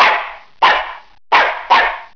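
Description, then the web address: Dog barking, four sharp harsh barks, the first three evenly spaced about two-thirds of a second apart, then the fourth in quick succession. "特酷声音素材库 动物 家畜 狗 DOG"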